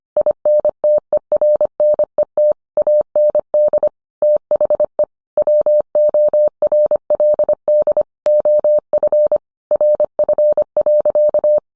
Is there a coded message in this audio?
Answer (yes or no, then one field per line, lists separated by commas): yes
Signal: Morse code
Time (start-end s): 0.2-11.6 s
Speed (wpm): 25 wpm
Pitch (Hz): 600 Hz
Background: none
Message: INTERNET AND THE WORLD OF RF.